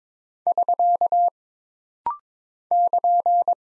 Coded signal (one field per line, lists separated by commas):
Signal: Morse code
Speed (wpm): 22 wpm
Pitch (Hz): 700 Hz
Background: none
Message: <SK> <KN>